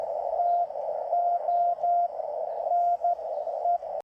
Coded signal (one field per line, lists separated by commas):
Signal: Morse code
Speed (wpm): 13 wpm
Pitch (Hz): 700 Hz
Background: radio noise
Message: TONE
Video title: REVIEW: CR Kits CPK-1 Pixie2023 7 MHz QRP transceiver